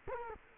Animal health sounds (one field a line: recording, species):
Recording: mosquito wingbeat signal from an infrared sensor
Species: Culex quinquefasciatus